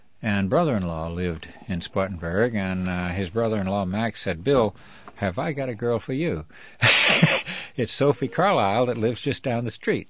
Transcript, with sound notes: and brother-in-law lived in Spartanburg. And his brother-in-law, Max, said, "Bill, have I got a girl for you." (he laughs) "It's Sophie Carlisle that lives just down the street."